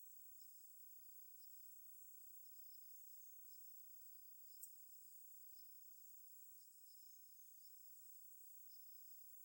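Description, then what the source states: Cricket: a continuous, very high, hissing stridulation that holds steady throughout, with one brief click midway. High-pass filtered.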